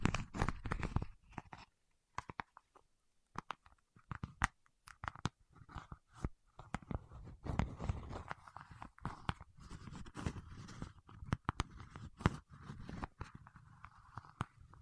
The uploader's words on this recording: ASMR with Wax Fingertips for Sleep (No Talking).